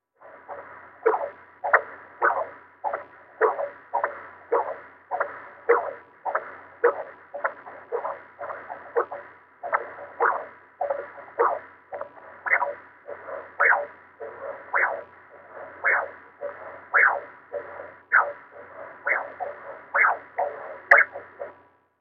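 Steady, fast, rhythmic whooshing pulses sound throughout, each beat a muffled swish: a fetal heartbeat picked up by a Doppler ultrasound probe during a sonogram.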